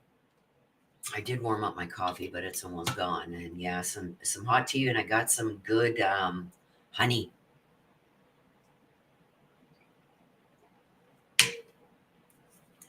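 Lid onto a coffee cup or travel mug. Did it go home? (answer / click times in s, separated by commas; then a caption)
yes / 11.4 s. Someone talks for the first several seconds, then after a quiet stretch a lid is snapped shut onto a coffee cup with a sharp, loud click at 11.4 s. The lid clicks closed and seats.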